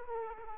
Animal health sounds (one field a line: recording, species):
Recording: mosquito wingbeat signal from an infrared sensor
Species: Aedes aegypti